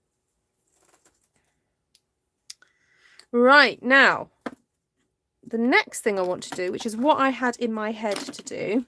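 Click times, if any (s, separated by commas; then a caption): 2.5 s. A plastic lid is pressed shut onto its ink pad case, with a few faint ticks before it clicks shut at 2.5 s. Afterward, someone talks.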